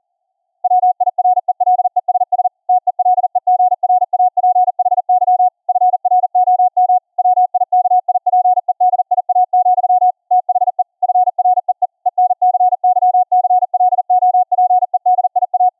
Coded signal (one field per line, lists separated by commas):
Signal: Morse code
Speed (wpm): 42 wpm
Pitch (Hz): 730 Hz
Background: none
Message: WIRELESS TELEGRAPHY FROM WIKIPEDIA, THE FREE ENCYCLOPEDIA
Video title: setup a CW COPY BY EAR practice session on the VLF band using unixCW, Gstreamer & 2 Ferrite Antennas